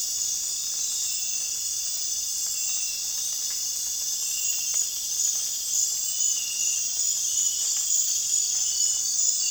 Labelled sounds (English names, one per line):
none